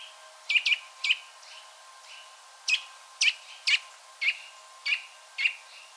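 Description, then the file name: Eurasian nuthatch calls: crisp high notes, some paired, repeated at uneven intervals over a quiet background with a low hum. "Sitta europaea"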